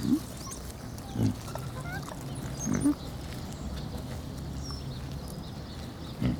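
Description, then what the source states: Pig grunting in brief low bursts, about four scattered across six seconds, with a constant low background hum and faint squeaky tones above. Piglets hanging out together.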